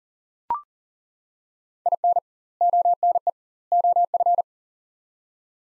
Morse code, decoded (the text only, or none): IN ONE OF